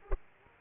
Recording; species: mosquito wingbeat signal from an infrared sensor; Aedes aegypti